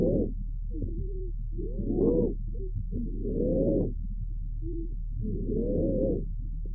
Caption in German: Giemtöne unterschiedlicher Frequenzen, die zu einem Fauchen vereinigt sind aufgenommen bei einem Pferd mit chronisch obstruktiver Bronchitis.